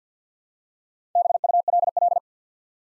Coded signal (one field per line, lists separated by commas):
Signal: Morse code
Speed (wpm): 50 wpm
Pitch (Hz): 700 Hz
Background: none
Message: BULL